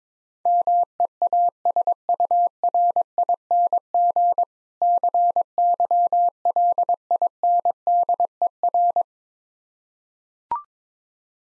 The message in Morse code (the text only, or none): MEASURING CYLINDER